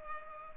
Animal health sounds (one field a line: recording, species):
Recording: mosquito wingbeat signal from an infrared sensor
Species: Culex pipiens